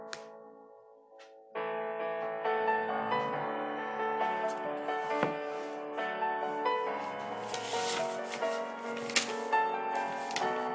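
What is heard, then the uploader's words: A K-pop piano tune plays with sustained, overlapping notes, soft for the first second and a half, then fuller and steady. Over it come scratchy pencil strokes and light rubbing, thickening toward the end, with one sharp tap near nine seconds. It was actually 4:30 or so in the morning when I recorded this.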